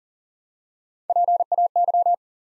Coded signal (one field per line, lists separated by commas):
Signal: Morse code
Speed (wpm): 40 wpm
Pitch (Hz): 700 Hz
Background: none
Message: PAY